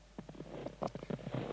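Crunching footsteps in snow: a quick series of muffled, gritty crunches in an uneven rhythm, fairly quiet and with no voices.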